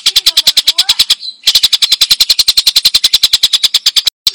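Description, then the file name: Stork-billed kingfisher with a continuous fast cackle of harsh, loud, clipped notes, interrupted by a short gap and a brief dropout at the end. Clear recording. "suara tengkek buto jernih"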